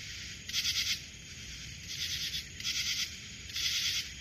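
Cricket producing a few pulsed, buzzy chirps, with quiet low hum between them.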